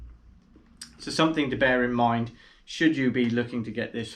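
The folding stock of a G&G HK UMP45 airsoft SMG replica is folded and flexed onto the small side latch on its receiver, which takes some flexing and is a little difficult to lock into place. A sharp click at 0.8 s marks the stock seating shut on the latch, after which someone talks.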